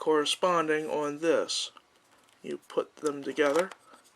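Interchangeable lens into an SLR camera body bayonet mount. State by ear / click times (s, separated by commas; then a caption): not seated / none. An MD interchangeable lens is being fitted to the bayonet mount of a Minolta X-700 SLR camera body, its red dot lined up with the red dot on the mount, while someone talks over faint handling sounds. Nothing has seated or clicked yet; the clip ends before the lens is twisted and locks into place.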